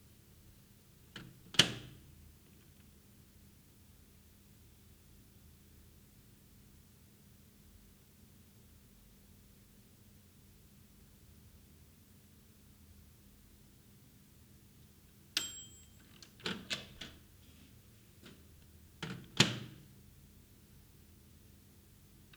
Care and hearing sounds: daily activity, guitar pickup as the sensor; use microwave

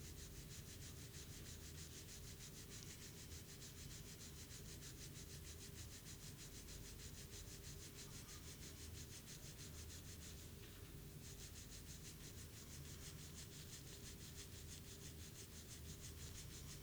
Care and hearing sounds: daily activity, guitar pickup as the sensor; brush teeth

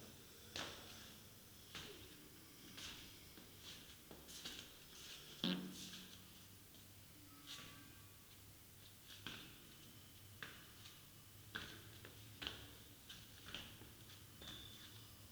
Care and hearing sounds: daily activity, guitar pickup as the sensor; go downstairs

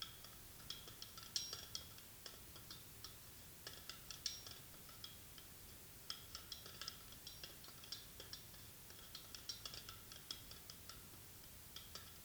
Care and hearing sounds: daily activity, guitar pickup as the sensor; fry

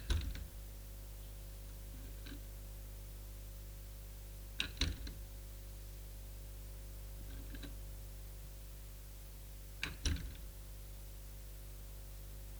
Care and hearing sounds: daily activity, guitar pickup as the sensor; manipulate door

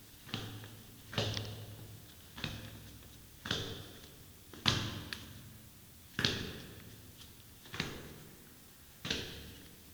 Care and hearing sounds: daily activity, guitar pickup as the sensor; go downstairs

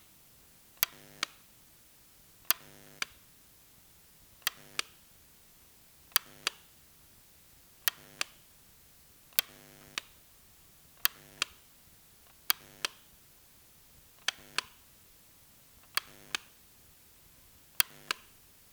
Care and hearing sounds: daily activity, guitar pickup as the sensor; operate light

